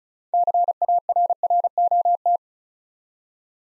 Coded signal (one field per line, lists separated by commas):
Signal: Morse code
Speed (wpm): 35 wpm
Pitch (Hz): 700 Hz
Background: none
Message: CARROT